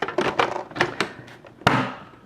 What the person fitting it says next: you hear the clicks you know you got it right